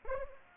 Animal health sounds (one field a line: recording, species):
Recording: mosquito wingbeat signal from an infrared sensor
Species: Anopheles arabiensis